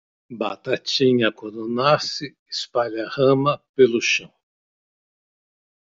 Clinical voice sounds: short text; Brazilian Portuguese; male; 50 to 59 years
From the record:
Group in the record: control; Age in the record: 59 years

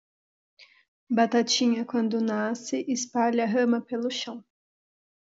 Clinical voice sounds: short text; Brazilian Portuguese; female; 20 to 29 years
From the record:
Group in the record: control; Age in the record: 26 years

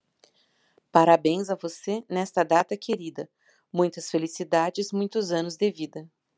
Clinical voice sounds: short text; Brazilian Portuguese; female; 50 to 59 years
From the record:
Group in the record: control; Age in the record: 53 years

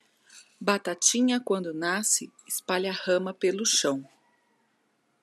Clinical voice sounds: short text; Brazilian Portuguese; female; 30 to 39 years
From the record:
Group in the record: control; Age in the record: 38 years

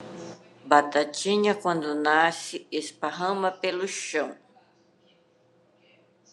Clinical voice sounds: short text; Brazilian Portuguese; female; 50 to 59 years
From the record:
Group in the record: control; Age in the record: 53 years

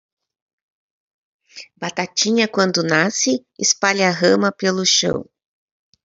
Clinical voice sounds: short text; Brazilian Portuguese; female; 50 to 59 years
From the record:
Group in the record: control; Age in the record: 53 years

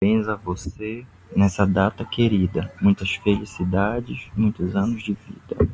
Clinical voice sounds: short text; Brazilian Portuguese; male; 30 to 39 years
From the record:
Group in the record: control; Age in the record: 33 years

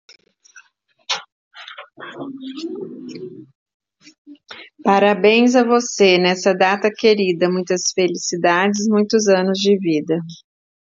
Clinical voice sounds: short text; Brazilian Portuguese; female; 40 to 49 years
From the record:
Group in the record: control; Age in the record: 46 years

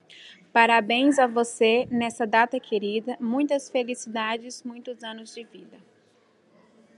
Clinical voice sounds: short text; Brazilian Portuguese; female; 30 to 39 years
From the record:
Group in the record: control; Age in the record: 35 years

